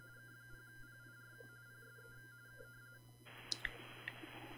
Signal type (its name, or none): RTTY